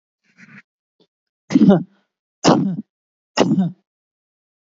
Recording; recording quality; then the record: shallow voluntary cough; excellent, no background noise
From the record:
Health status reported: healthy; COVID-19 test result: negative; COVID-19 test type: RT-PCR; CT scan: not taken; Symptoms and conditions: none ticked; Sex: male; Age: 26 years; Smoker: no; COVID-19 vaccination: both doses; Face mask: worn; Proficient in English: no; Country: India